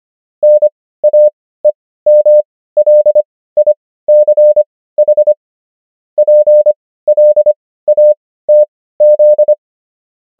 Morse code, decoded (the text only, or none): NAEMLICH PLATZ